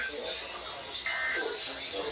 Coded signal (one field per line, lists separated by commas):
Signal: Emergency Alert System (SAME) tones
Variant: end-of-message bursts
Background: speech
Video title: MARGINAL INSANITY 11: SEABREEZE OUTBREAK - EAS Alerts From 6/25/25 - 6/27/25 (EAS #4162-4194)